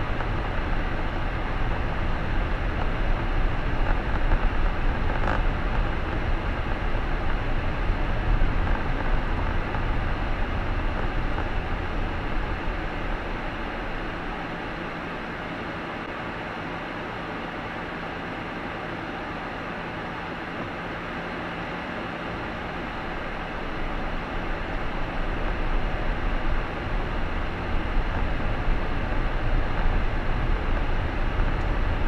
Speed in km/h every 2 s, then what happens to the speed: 25, 25, 26, 27, 28, 21, 10, 0, 0, 0, 0, 11, 15, 21, 25, 28.
0-8 steady at about 26. 8-14 brakes to 0. 14-21 standing. 21-32 pulls away to 28.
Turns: none.